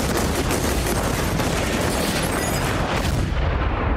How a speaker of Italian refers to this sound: Lavoravo per la sicurezza vicino alla Wisconsin e martedì notte abbiamo sentito degli spari nella zona vicino all'Algiers. C'era la polizia. Molti spari.